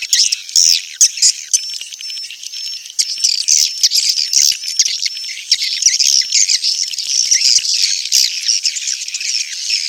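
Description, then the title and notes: Swiftlet twittering calls, continuous high chirps with some sustained thin whistled notes running throughout. Sound used for swiftlet farming in Asia. "Swiflet Bird Sound. Farming Swiflet Bird asia sound"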